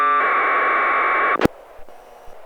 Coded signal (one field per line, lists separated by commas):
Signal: packet radio (AX.25, as in APRS)